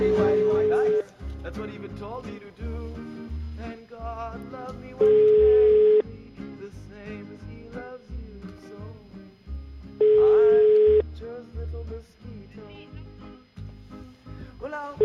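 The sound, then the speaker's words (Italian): A steady, loud Vodafone phone-line tone sounds for about a second before a voicemail message, then repeats every five seconds, with a voice and other muffled sounds filling the gaps between the tones. “Vodafone, servizio di segreterie telefoniche.”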